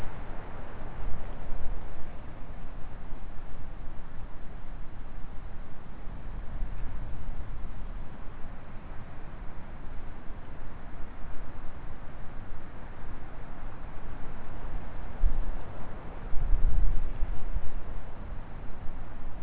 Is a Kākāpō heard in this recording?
no